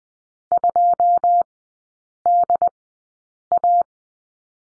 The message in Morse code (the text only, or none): 2 D A